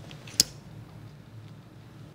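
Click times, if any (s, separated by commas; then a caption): 0.4 s. The small metal adjustable buckle on the flap of a 2021 Vitesse Musette bag is inserted and locks shut with a sharp metallic click at 0.4 s. Two faint ticks come just before it, at 0.1 s and 0.3 s, over a low steady hum.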